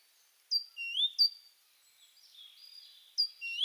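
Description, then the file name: Great tit giving clear upward-sweeping whistles and high thin notes in short bursts. "Parus major"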